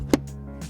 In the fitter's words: once that's in place let's just apply a little bit of pressure on this last clip until it locks into place